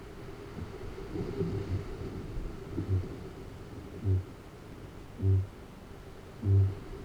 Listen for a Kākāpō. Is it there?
yes